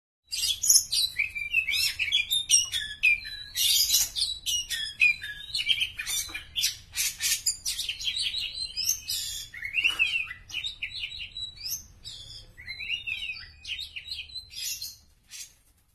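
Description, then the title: Oriental magpie-robin song: a rapid, varied stream of sweet whistles, chattering trills and sharp upslurred notes, delivered almost without pause over a faint low hum. "Kacer"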